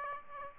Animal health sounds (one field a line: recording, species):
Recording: mosquito wingbeat signal from an infrared sensor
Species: Aedes aegypti